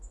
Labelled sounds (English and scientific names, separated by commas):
Hermit Warbler (Setophaga occidentalis) flight call